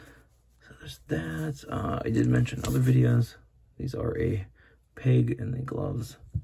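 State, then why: Not seated. A swappable plastic glove/hand is handled at the wrist peg of a Jakks Pacific Sonic the Hedgehog Movie 2 Series 2 Super Sonic action figure while someone talks. The hand has not snapped onto the peg yet; nothing has seated or clicked.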